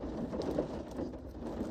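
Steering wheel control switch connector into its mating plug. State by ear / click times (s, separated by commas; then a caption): not seated / none. A steering wheel control switch wiring connector on a 2nd-gen Lexus IS 250/350 is pushed by hand into its mating plug during a steering wheel button replacement, with a low, steady rumble and brief soft bumps near 0.6 s and 1.7 s. The connector is in fairly far, but it has not clicked into place yet.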